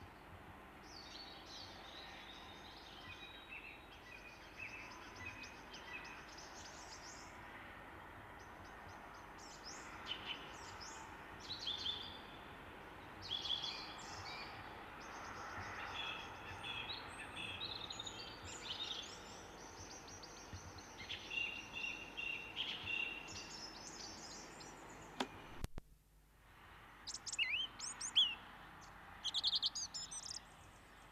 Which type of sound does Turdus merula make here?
song